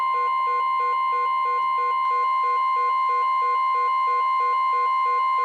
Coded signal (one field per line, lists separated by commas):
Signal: Emergency Alert System (SAME) tones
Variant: 1050 Hz attention tone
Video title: EAS #188-#196: Small Event and a Random RMT | KHB36 & WINC